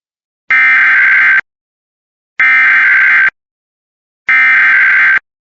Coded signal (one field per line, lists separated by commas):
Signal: Emergency Alert System (SAME) tones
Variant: header bursts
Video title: Evacuation immediate in Florida EAS #22